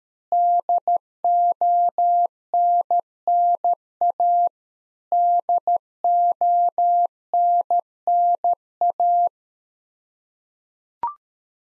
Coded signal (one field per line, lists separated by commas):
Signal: Morse code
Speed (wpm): 13 wpm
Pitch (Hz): 700 Hz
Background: none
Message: DONNA DONNA